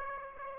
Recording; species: mosquito wingbeat signal from an infrared sensor; Aedes aegypti